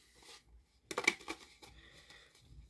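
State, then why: Not seated. A Blu-ray disc is pressed onto the hub of a book-style disc case, making a short burst of light plastic clatter and taps around 0.9 to 1.3 seconds, followed by faint handling rustles. There is no snap: the disc has not seated or clicked onto the hub, and because the holder does not grip it, the disc just pops out.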